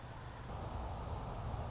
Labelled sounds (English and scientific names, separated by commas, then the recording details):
Anna's Hummingbird (Calypte anna)
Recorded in Sonoma County, California